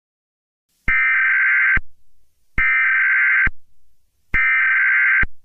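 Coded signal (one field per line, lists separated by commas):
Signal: Emergency Alert System (SAME) tones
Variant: header bursts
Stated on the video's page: Fictional emergency alert scenario, not a real broadcast.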